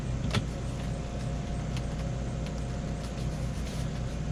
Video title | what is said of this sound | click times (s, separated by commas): Eflite 90mm Viper Maiden Unboxing and Build, This can truly be the best EDF ever! | clicks right in no issues so | 0.3 s